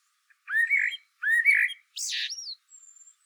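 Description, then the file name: Common blackbird song: two low mellow fluted phrases, then a harsher high squeaky flourish and a faint thin twitter at the end. "Turdus merula"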